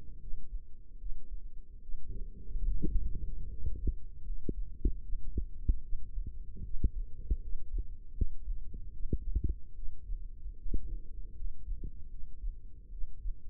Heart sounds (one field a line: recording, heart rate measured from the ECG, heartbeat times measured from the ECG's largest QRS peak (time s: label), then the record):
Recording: heart sounds by microphone in the left ear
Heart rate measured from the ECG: 75 bpm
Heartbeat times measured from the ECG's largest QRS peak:
0.18 s: heartbeat
0.97 s: heartbeat
1.80 s: heartbeat
2.66 s: heartbeat
3.48 s: heartbeat
4.23 s: heartbeat
5.01 s: heartbeat
5.81 s: heartbeat
6.62 s: heartbeat
7.40 s: heartbeat
8.13 s: heartbeat
8.91 s: heartbeat
9.74 s: heartbeat
10.57 s: heartbeat
11.35 s: heartbeat
12.09 s: heartbeat
12.90 s: heartbeat
From the record:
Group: healthy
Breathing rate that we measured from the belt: 16 breaths a minute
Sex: female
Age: 22 years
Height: 160 cm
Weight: 63 kg